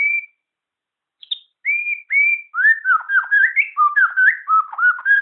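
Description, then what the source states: Shama song opening with a few separate level whistles, then a fast varied stream of looping whistled notes swooping up and down. Borneo.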